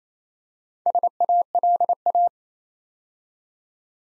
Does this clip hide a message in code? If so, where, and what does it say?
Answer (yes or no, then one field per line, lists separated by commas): yes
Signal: Morse code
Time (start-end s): 0.9-2.3 s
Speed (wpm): 27 wpm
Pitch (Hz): 700 Hz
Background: none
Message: SALA